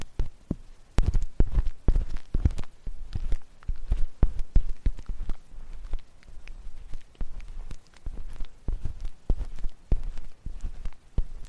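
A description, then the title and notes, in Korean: A stainless ear pick scrapes and taps, making a dense run of sharp clicks and soft thumps. The strokes come quickly and irregularly throughout, some with a deep muffled knock, others crisp and bright, over a quiet background. 쇠 귀이개 귀청소 , 귀 마사지 stainless ear pick , ear massage.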